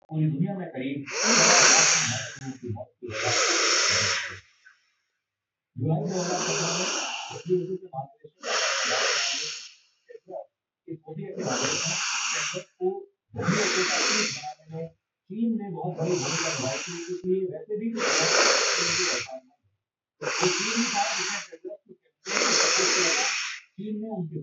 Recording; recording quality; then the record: deep breathing; excellent, no background noise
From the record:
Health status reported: healthy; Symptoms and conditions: none ticked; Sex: male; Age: 54 years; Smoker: not ticked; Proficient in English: yes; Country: India